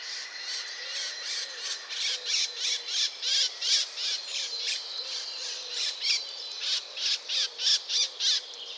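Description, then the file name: Eurasian blackcap calling with rasping bursts about three per second, some louder, over a faint background hiss. "Sylvia atricapilla"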